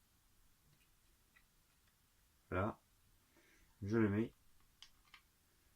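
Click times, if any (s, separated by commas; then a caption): 4.8 s. A plastic peg adapter is pushed onto a miniature ship's stand peg so that a large peg ends in a small one. Someone talks, then a sharp plastic tick is heard at 4.8 seconds, followed by a second faint tick. The adapter seats and fits perfectly.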